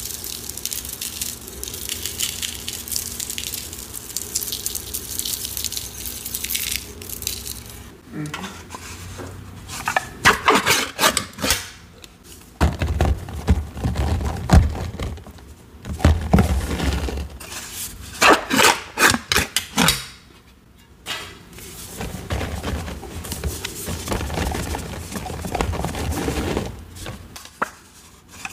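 Dyed chalk cubes and cornstarch are crunched and worked. A steady dry hiss fills the first eight seconds. After that come bursts of crisp crackling and gritty scraping, with heavier thuds near 13 and 16 seconds and brief quiet gaps.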